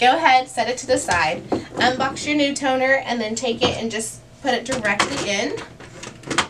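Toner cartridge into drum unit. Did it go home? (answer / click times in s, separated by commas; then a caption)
no / none. On a Brother MFC-L5850DW printer, a new plastic toner cartridge is being handled for placement straight down into the drum unit while someone talks. Short handling knocks are heard near the end, around 6.0 and 6.3–6.4 seconds. Nothing has seated or clicked yet.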